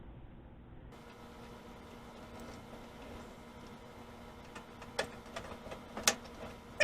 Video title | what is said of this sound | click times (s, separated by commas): How to change a microwave interior light bulb. | those tabs snapped in place now i can | 5.0 s, 6.1 s